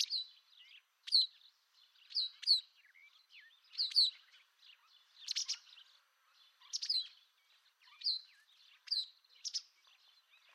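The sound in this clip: White wagtail calls: a series of high, sharp chirps and doubled notes at short, irregular intervals, with soft twittering in some gaps.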